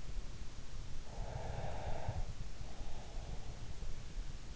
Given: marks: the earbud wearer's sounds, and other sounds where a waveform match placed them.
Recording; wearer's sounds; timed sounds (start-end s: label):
sounds in sleep by an in-ear microphone; breath
0.40-3.57 s: breath